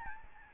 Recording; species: mosquito wingbeat signal from an infrared sensor; Aedes albopictus